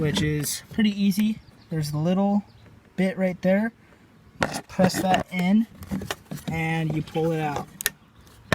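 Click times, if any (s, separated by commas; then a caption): 7.9 s, 8.5 s. While removing the old door lock actuator from a Ford Excursion, the release tab on its plastic wiring harness connector is pressed and the connector is pulled off as someone talks. Sharp clicks are heard at 7.9 s and 8.5 s as the connector clicks loose and is released.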